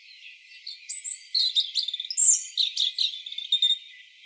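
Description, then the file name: European robin singing a fast, varied phrase of thin high whistles, short trills and tinkling notes, rising and falling with no break for about three seconds. "Erithacus rubecula"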